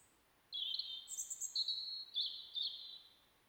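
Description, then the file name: European robin song, a sweet high phrase of several sustained whistled notes with a brief shrill higher note, delivered over roughly two and a half seconds. "Erithacus rubecula"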